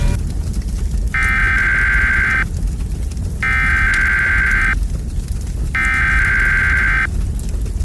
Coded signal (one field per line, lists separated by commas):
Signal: Emergency Alert System (SAME) tones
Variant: header bursts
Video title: [EAS Scenario 2] Escondido Explosion